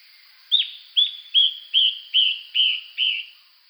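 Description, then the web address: Yellow-browed antbird song: seven clear whistled notes, each with a sharp start then sliding down, evenly spaced, with a faint steady high hum behind. Recorded in the eastern lowlands of South America. "Natures Songs S America Eastern Lowlands. Yellow-browed Antbird"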